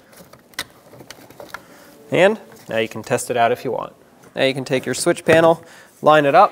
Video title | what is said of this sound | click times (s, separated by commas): How to Replace Master Window Switch 2007-2011 Chevrolet Silverado 2500HD | plug everything back in in make sure the connectors click | 0.6 s